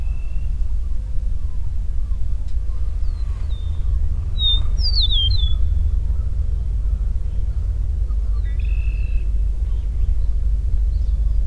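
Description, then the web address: Eastern meadowlark gives one whistled song of quick, slurred, falling notes. A brief buzzy note follows later, with low rumble throughout. "Eastern meadowlark. صدای-پرنده-چمن-چکاو-شرقی"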